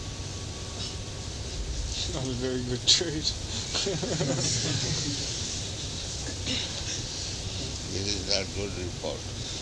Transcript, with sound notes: Not a very good trade. [laughter]
This is not good report.